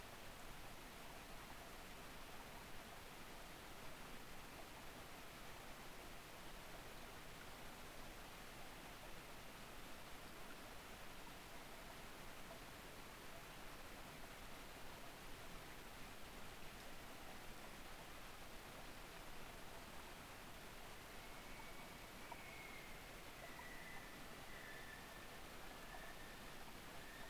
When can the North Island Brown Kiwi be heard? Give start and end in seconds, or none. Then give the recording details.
20.91-27.30. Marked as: faintness 3/5. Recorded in New Zealand on 7 November 2014. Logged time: 22:14. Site CJ68